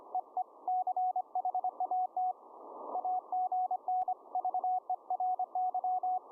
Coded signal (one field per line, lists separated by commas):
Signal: Morse code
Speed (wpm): 25 wpm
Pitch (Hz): 740 Hz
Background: radio noise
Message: EE CHAT AGN VERY